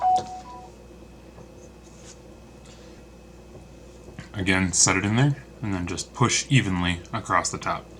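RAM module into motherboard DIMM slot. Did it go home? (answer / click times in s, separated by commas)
no / none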